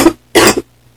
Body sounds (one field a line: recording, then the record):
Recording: coughing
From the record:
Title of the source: 61 morning phlegmy cough...again